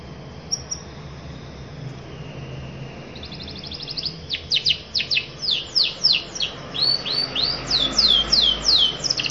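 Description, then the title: Canary song that starts quietly, then builds into a series of sweeping downslurred notes, about three per second, growing louder. Canary in long, lively continuous singing ('gacor panjang'), performing a fancy ('mewah') cengkok song-phrasing style. "Cengkok Kenari Mewah. Kenari gacor panjang"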